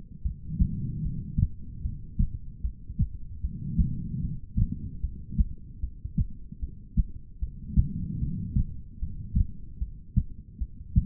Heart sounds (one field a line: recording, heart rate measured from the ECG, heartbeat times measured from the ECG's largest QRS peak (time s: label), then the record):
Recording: heart sounds by stethoscope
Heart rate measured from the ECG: 75 bpm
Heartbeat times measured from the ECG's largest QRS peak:
0.22 s: heartbeat
1.02 s: heartbeat
1.82 s: heartbeat
2.61 s: heartbeat
3.41 s: heartbeat
4.21 s: heartbeat
5.00 s: heartbeat
5.80 s: heartbeat
6.60 s: heartbeat
7.39 s: heartbeat
8.19 s: heartbeat
8.99 s: heartbeat
9.79 s: heartbeat
10.58 s: heartbeat
From the record:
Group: heart failure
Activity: rest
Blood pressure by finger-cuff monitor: 119/87 mmHg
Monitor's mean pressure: 100 mmHg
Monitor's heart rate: 75 bpm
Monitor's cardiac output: 4.4 L/min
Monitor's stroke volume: 59 mL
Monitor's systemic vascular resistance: 1610 dyn s/cm5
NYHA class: 2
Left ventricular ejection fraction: 58%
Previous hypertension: present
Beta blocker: bisoprolol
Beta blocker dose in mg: 5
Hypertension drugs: ramipril, spironolactone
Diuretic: furosemide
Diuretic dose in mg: 160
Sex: female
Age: 55 years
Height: 155 cm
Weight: 67 kg